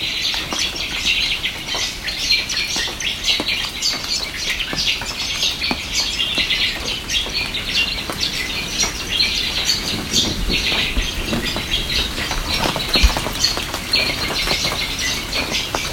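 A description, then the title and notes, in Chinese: Morning on an island off the Queensland coast, filled with a dense, steady wash of high bright bird chatter and insect-like trills. Scattered soft patters and flutters break through throughout, with a low rumble underneath and a sharper knock near thirteen seconds. 澳大利亚昆士兰州哈格斯通岛的早上。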